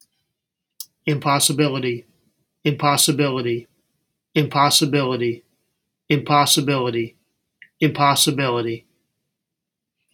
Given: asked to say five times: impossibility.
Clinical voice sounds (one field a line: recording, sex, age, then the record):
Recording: repeated word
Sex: male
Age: 60 to 69 years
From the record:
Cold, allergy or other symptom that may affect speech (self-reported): no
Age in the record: 63 years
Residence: Pennsylvania, United States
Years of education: 16